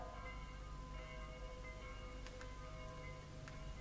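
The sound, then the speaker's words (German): Church bells ring softly and steadily, their overlapping tones humming on without a pause, with a few brief clicks cutting through. No one speaks. “Heute läuten die Glocken auch für mich.”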